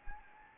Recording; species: mosquito wingbeat signal from an infrared sensor; Anopheles gambiae